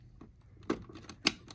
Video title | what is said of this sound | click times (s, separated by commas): Dry Pair Connetion Setup- Orbit Media Sports | You hear a click, you're perfect there. | 1.3 s